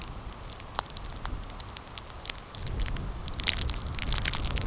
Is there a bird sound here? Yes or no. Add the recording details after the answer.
no. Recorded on Arctic tundra, site CORI-1, on 15 June 2018. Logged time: 10:00